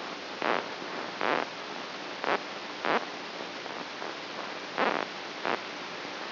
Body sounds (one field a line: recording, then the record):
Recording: brain microelectrode recording played as sound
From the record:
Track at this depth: inside the subthalamic nucleus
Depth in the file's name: 2.722 mm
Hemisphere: right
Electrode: 3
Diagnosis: Parkinson's disease